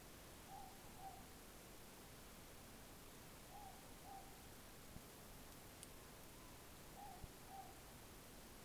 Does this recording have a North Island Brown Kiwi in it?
no